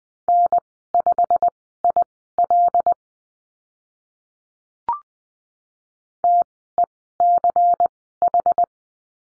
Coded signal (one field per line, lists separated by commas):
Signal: Morse code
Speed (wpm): 20 wpm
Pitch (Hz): 700 Hz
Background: none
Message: N5IL TECH